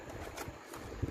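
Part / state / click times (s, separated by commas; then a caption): wiring harness socket into radiator fan motor connector / not seated / none. A plastic wiring harness socket is pushed onto the radiator fan motor connector while the motor is being refitted, with steady low handling noise and a brief louder sound at 0.7 s. Nothing has seated or clicked yet.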